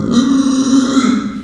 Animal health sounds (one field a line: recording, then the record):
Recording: squeal of a Yucatan mini pig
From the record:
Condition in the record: after surgery on the right vocal fold (resection and tissue-engineered implant)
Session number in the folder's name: 9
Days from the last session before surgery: 65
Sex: female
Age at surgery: 19 weeks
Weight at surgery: 25 kg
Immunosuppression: prednisolone